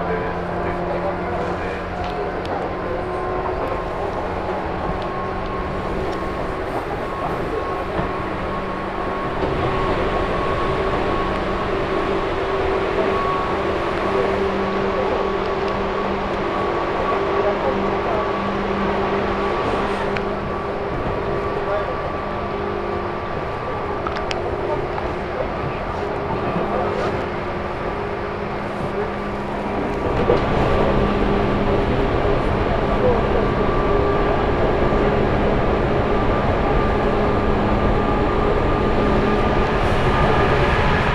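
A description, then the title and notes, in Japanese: A local train on the Chuo East Line idles with a steady hum and faint whine, voices murmuring, growing louder after thirty seconds. 中央東線普通 大月→高尾。四方津駅で特急の通過待ちで9分停車します。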